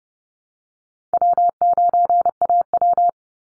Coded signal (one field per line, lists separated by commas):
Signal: Morse code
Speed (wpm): 30 wpm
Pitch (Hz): 700 Hz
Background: none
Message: W9AW